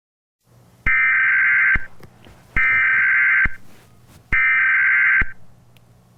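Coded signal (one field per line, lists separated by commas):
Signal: Emergency Alert System (SAME) tones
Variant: header bursts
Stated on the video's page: Simulated EAS scenario about a facility breaking.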